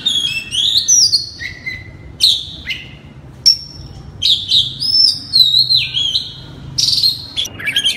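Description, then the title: Oriental magpie-robin song made of longer pure whistles, some wavering and some falling, mixed with brief harsh chips and gaps of quiet. "Kacer"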